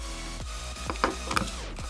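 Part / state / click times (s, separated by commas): cooling fan into electronic speed controller housing of RC car / not seated / none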